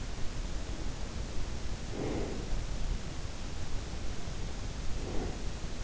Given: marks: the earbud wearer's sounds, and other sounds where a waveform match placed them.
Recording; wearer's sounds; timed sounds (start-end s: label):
sounds in sleep by an in-ear microphone; breath
0.33-2.77 s: breath
3.97-5.76 s: breath